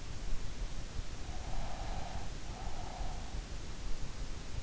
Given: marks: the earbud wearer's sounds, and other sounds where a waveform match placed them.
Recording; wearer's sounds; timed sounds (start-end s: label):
sounds in sleep by an in-ear microphone; breath
1.48-3.49 s: breath